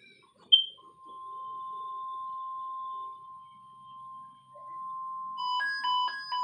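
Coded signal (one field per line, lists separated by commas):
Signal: Emergency Alert System (SAME) tones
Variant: 1050 Hz attention tone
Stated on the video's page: Required Weekly Tests from NOAA Weather Radio stations WWG21 and KWO37.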